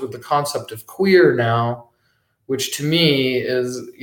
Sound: none